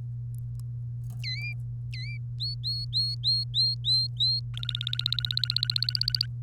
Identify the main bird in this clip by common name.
Domestic Canary